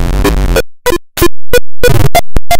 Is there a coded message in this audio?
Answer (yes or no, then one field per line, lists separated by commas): no